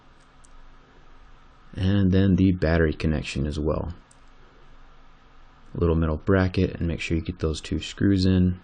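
An iPhone 6 charging port flex cable connector is pressed back onto its logic board socket, giving a single short, faint click at 0.5 s that shows it has seated. Someone then talks for the rest of the clip.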